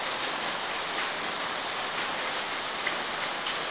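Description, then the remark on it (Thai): Steady rain drums on a roof at Wat Pa Mahawan, a dense, even hiss of countless drops with faint individual taps scattered through it, continuous and unbroken with no voices. “มีฝนตกลงมากระทบหลังคาเรารู้สึกว่ามันรบกวนการฟังใจมันมีอาการเป็นลบรู้สึกเป็นลบต่อเสียงฝนตก”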